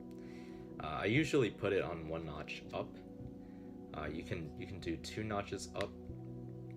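The bendable drinking-straw hinge of the elevator on a cardstock paper F-35A is being handled and bent toward its ribbed notches, two notches up, while someone talks over a steady tonal background. Nothing has seated or clicked into the notch yet by the end of the clip.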